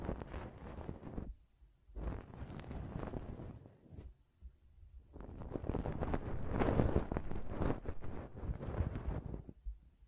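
Ear cleaning and blowing, heard as rough, rustling bursts of air that buffet the microphone. A dense gust runs for about a second, then another from two to four seconds, and a longer, stronger stretch from five to nine and a half seconds, with brief quiet gaps between.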